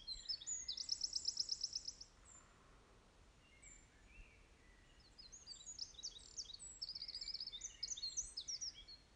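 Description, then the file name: Eurasian wren song: a fast, sharply pulsed high trill near the start, a quieter stretch with a few soft notes, then another burst of rapid, tumbling high notes and trills toward the end. "Troglodytes troglodytes"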